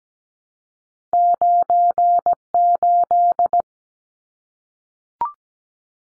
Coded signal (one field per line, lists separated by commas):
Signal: Morse code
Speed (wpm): 17 wpm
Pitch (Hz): 700 Hz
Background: none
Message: 98